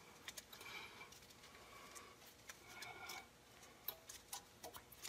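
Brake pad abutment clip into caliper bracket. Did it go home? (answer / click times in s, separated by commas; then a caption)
yes / 3.9 s. New stainless brake pad abutment clips are pressed into the caliper bracket on the front or rear brake of a 2016 Hyundai Tucson during a brake pad replacement. Light metallic taps and ticks are heard, with a sharp snap at 3.9 s as the clip seats in place.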